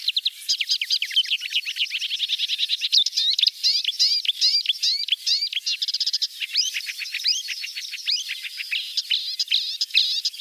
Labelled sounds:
Marsh Warbler song
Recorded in the wild
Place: Balaton / Hubertuspark, HU
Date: 1990-06-01
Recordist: Schwarz, Dieter
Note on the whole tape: Song

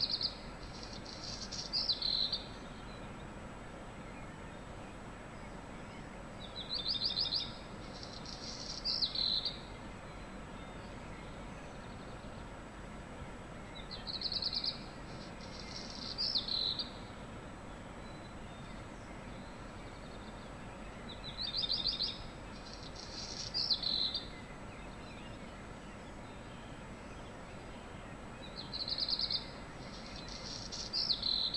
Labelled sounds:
Black Redstart
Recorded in the wild
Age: adult
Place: Untertweng, AT
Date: 1972-05-14
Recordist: Brunner, Thomas
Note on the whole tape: Aufnahme: Untertweng, Gegental, Kärnten

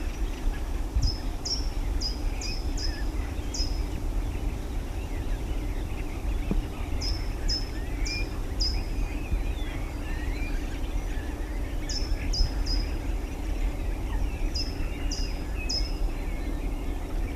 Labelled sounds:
Short-toed Treecreeper
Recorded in the wild
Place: Klein Süstedt, DE
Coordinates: 52.935, 10.4736
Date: 1970-03-23
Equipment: Uher Report 4200, AKG D190C in Doppel-Parabolreflektor
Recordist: Krey, Winfried

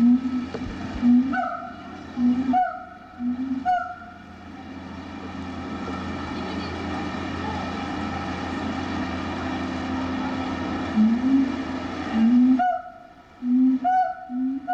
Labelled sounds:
Siamang
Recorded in captivity
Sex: pair
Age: adult
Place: Zoo Berlin, Berlin, DE
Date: 1985-05-23 10:12
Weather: sonnig, Wind, 12°C
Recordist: Tembrock, Günter
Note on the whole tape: Zusammenhängende Duett-Rufreihe

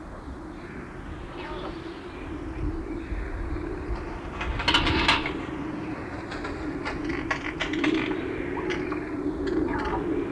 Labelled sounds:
Yellow-faced Myna call
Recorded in captivity
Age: adult
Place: Zoo Berlin, Berlin, DE
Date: 1994-02-05 12:26
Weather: heiter bis wolkig, 0 °C, Wind
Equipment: Marantz CP 430, Sennheiser MKH 416 T, Kopie Uher Variocord 263
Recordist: Tembrock, Günter

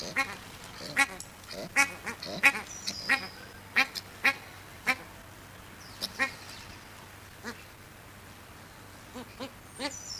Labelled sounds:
Australian Shelduck call
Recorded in captivity
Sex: pair
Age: adult
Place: Zoo Rostock, Mecklenburg-Vorpommern, DE
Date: 1984-02-04 14:33
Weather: overcast, 3-6°C
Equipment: Nagra SN, Kopie Uher 4000 Report Monitor
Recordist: Tembrock, Günter
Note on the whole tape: Paar: diverse Laute

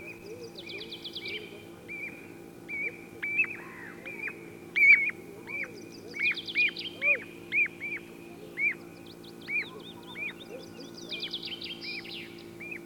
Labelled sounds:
Common Ringed Plover call
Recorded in the wild
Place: Glowe, Insel Rügen, Mecklenburg-Vorpommern, DE
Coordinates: 54.577, 13.442
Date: 1975-07-06
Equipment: Nagra III BH, Sennheiser MD 21, parabola
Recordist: Schubert, Michael

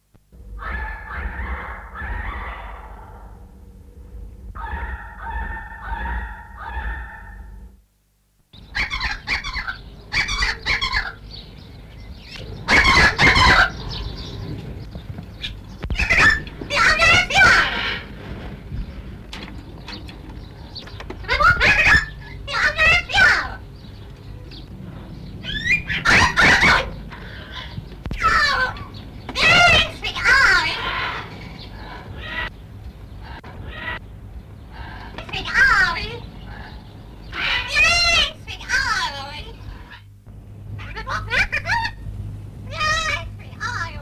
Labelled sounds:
Cuban Crow call
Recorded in captivity
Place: Tierpark Berlin, Berlin, DE
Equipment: Halbspur, 9,5 cm/s
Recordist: Lütgens, Hans
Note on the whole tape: Rufe

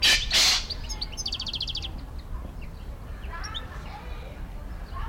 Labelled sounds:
Golden Pheasant
European Goldfinch
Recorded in captivity
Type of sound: call, screech
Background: Carduelis carduelis
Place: Zoo Berlin, Berlin, DE
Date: 1994-04-16 12:20
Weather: heiter, 7-12°C
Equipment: Marantz CP 430, Sennheiser ME 80, Kopie Uher Variocord 263
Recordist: Tembrock, Günter
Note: Ruf

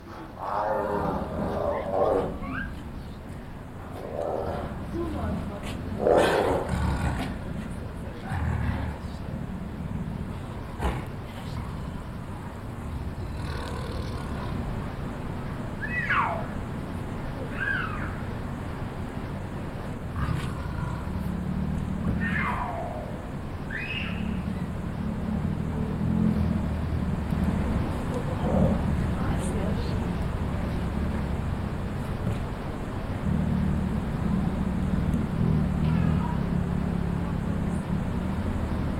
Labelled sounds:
Tiger
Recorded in captivity
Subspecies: sumatrae
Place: Tierpark Berlin, Berlin, DE
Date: 1992-10-31 10:45
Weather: sonnig bis heiter, -2 bis 3°C
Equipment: Marantz CP 430, Sennheiser ME 80, Kopie Tesla B 116
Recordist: Tembrock, Günter

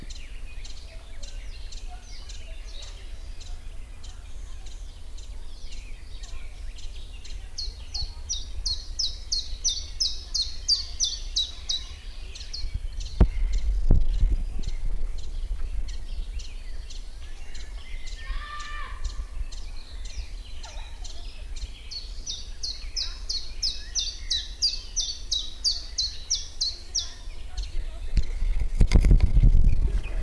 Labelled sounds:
Common Chiffchaff
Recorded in the wild
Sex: male
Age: adult
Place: Lübars (Fließtal), Berlin, DE
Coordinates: 52.6175, 13.3625
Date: 1998-06-13 19:14
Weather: fair, 15°C
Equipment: Sony MD-WM MZ-R3, Sennheiser MKH 416 T, Kopie Uher 4000 Report Monitor
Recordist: Tembrock, Günter

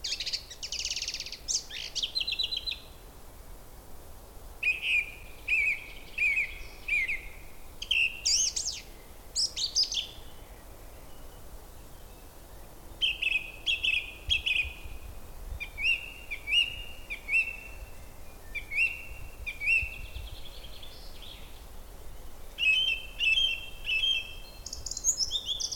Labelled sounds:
Song Thrush
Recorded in the wild
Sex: male
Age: adult
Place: Köllnische Heide, Berlin, DE
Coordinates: 52.46, 13.51
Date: 1989-04-27 17:45
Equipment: Uher 4400 Report Monitor, Sennheiser ME 80, K 30 AV
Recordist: Fischer, Stefan

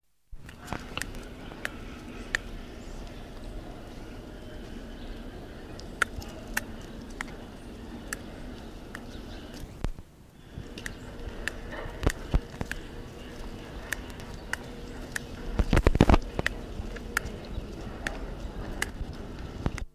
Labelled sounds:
Reeves' Muntjac
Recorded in captivity
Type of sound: dental sound
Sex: male
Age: adult
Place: Zoo Leipzig, Sachsen, DE
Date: 1968-12-07 13:30
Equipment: Uher 4000 Report-S, Sennheiser MD 421
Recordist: Tembrock, Günter
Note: (Muntiacus reevesi ?) Männchen: Zahngeräusche gegen Beobachter (Abstand 2 - 3 m). Teilweise gute Aufnahme

